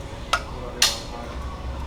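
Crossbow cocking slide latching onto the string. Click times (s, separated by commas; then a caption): 0.3 s, 0.8 s. The cocking handle on a Ravin R500 crossbow is rotated to draw the slide down toward the string, and at the end of travel the mechanism latches onto the string. Two sharp clicks are heard at 0.3 s and 0.8 s over a low hum, the second louder. The slide is locked in.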